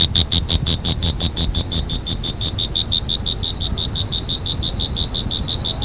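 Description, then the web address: Cricket chirping, a steady series of high pulses, about three a second. "特酷声音素材库 动物 昆虫 蟋蟀"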